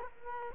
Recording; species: mosquito wingbeat signal from an infrared sensor; Culex quinquefasciatus